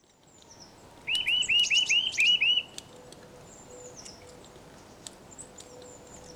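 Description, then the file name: Eurasian nuthatch uttering a brief string of seven looping whistled notes against steady background noise. "Sitta europaea"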